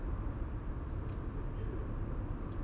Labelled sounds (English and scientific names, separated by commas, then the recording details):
none
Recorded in Germany
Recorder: ecoPi